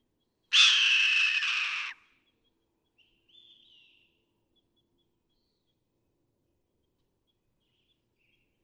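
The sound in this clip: Red-tailed hawk giving one harsh, hoarse scream lasting over a second, then a brief faint note before silence.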